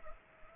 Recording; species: mosquito wingbeat signal from an infrared sensor; Culex pipiens